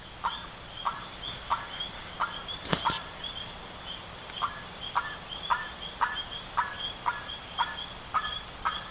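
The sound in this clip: Bird calls: many short rasping notes, interrupted once by a sharp thump, over a steady high background hum.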